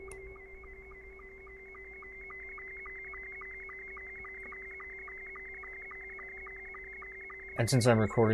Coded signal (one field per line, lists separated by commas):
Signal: SSTV (slow-scan television)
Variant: Scottie 2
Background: speech